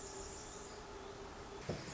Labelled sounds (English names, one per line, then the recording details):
Pacific Wren
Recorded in Sonoma County, California